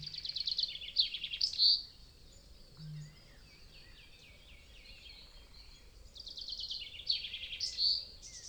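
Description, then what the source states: Birds (mixed species): dawn birdsong: two bursts of high, quick, rattling and warbling phrases separated by quieter chirps, over faint low background noise. European wetland dawn chorus, stereo binaural recording.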